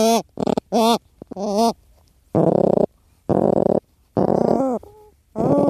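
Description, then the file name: Cory's shearwater calling: a few quick wavering nasal notes, then longer harsh, rasping cries mixed with more wavering notes, separated by brief silences. Calls recorded at nests. "Cantos Cagarro Ninhos"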